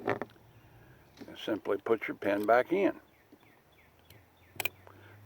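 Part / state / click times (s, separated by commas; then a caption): cylinder pin into revolver frame / seated / 4.6 s. While reassembling an H&R 622 break-top .22 revolver, someone talks and pushes the steel cylinder pin back into the frame. A sharp metallic click at 4.6 s shows the pin has clicked home and is seated.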